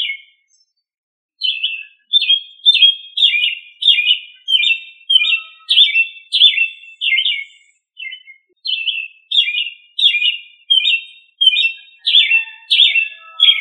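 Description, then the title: Thrush singing a long run of quick, warbling phrases, slurred and rich, with a short pause near the middle before resuming. "Familia Turdidae - Sabia"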